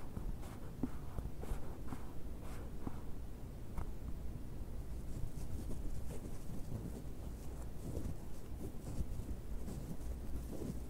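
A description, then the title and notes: A box being handled and scratched, with dense, rough scraping that runs the whole time. Sharper scratches and clicks cut through about once a second in the first few seconds, then come more irregularly. A steady low rumble sits underneath throughout. ASMR BOX OPENING, BOX SCRATCHING NO TALKING.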